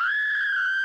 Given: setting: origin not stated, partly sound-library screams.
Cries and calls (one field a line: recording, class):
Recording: one-second piece from a danger detection set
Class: woman in danger